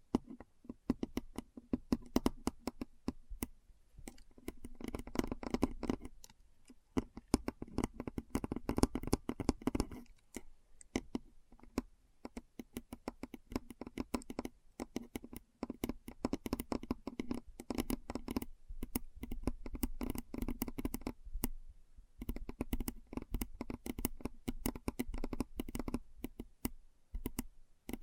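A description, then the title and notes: Keyboard typing runs through the whole recording, a dense stream of sharp clicks and taps with short pauses, including a brief gap just after 21 seconds. The rhythm shifts between quick bursts and slower strokes, with a low thumping underneath the clicks. ASMR Keyboard Sounds (No Talking).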